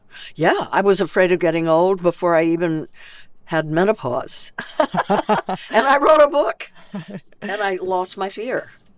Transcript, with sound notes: Yeah, I was afraid of getting old before I even had menopause.
(LAUGHTER)
And I wrote a book, and I lost my fear.